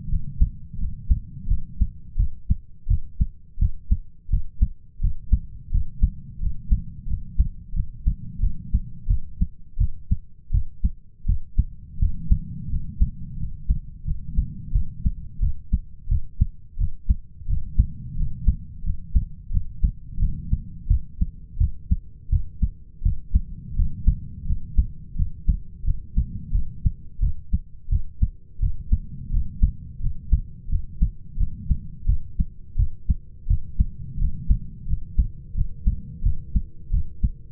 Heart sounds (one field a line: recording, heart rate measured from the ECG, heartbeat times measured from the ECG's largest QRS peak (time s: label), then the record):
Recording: heart sounds by stethoscope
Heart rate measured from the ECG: 86 bpm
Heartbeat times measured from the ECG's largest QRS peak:
0.09 s: heartbeat
0.78 s: heartbeat
1.47 s: heartbeat
2.16 s: heartbeat
2.87 s: heartbeat
3.58 s: heartbeat
4.29 s: heartbeat
5.00 s: heartbeat
5.71 s: heartbeat
6.40 s: heartbeat
7.07 s: heartbeat
7.73 s: heartbeat
8.40 s: heartbeat
9.07 s: heartbeat
9.78 s: heartbeat
10.51 s: heartbeat
11.25 s: heartbeat
11.98 s: heartbeat
12.69 s: heartbeat
13.37 s: heartbeat
14.05 s: heartbeat
14.72 s: heartbeat
15.40 s: heartbeat
16.08 s: heartbeat
16.78 s: heartbeat
17.47 s: heartbeat
18.16 s: heartbeat
18.83 s: heartbeat
19.51 s: heartbeat
20.19 s: heartbeat
20.87 s: heartbeat
21.58 s: heartbeat
22.29 s: heartbeat
23.02 s: heartbeat
23.75 s: heartbeat
24.46 s: heartbeat
25.16 s: heartbeat
25.84 s: heartbeat
26.52 s: heartbeat
27.20 s: heartbeat
27.89 s: heartbeat
28.60 s: heartbeat
29.30 s: heartbeat
30.00 s: heartbeat
30.69 s: heartbeat
31.37 s: heartbeat
32.06 s: heartbeat
32.76 s: heartbeat
33.47 s: heartbeat
34.18 s: heartbeat
34.87 s: heartbeat
35.55 s: heartbeat
36.23 s: heartbeat
36.91 s: heartbeat
From the record:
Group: healthy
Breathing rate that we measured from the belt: 10 breaths a minute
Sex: male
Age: 33 years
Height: 179 cm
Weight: 80.4 kg